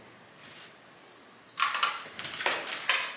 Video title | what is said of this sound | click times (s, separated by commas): Can you unplug a hardwired smoke detector | uh three little tabs on the back so then we need to push that back in and you'll hear a click | 2.9 s